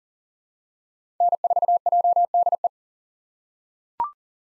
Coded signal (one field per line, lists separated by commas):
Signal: Morse code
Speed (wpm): 40 wpm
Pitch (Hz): 700 Hz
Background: none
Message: N4JDE